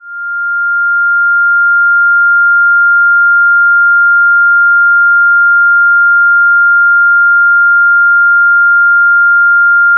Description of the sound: Tinnitus.